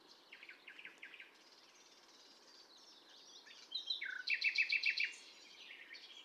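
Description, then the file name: Common nightingale song with varied chirps and short phrases, building to a rapid burst of repeated sharp notes, then trailing off into softer twittering. "Luscinia megarhynchos"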